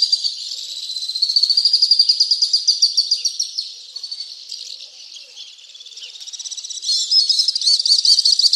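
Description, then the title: Alpine swift rapid trilling, pulsed high chatter that weakens in the middle and returns strongly near the end. "Le chant du martinet à ventre blanc"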